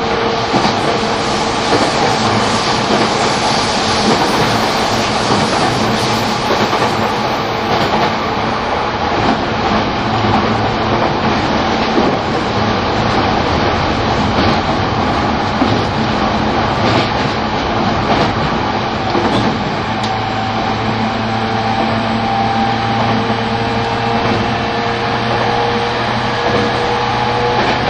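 Running sound from inside an E231 series Shonan-Shinjuku Line special rapid train: a dense, steady roar of wheels and motors at constant loudness throughout. Faint tonal whines rise and shift in pitch, with a brief high squeal near twenty seconds and occasional rhythmic rail clicks.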